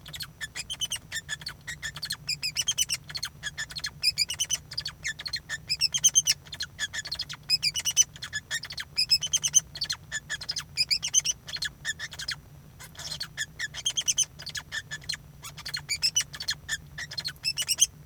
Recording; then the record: song of a male Bengalese finch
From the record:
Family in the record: son of father 2